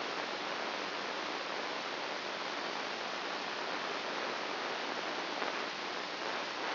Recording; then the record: brain microelectrode recording played as sound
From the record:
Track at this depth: inside the subthalamic nucleus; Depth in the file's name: 2.405 mm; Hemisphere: right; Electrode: 2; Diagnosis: Parkinson's disease